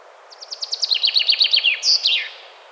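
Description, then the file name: Common chaffinch song, a complete phrase: a rattling run of bright notes steps down in pitch, ending in a sharp flourish after about two seconds. "Fringilla coelebs"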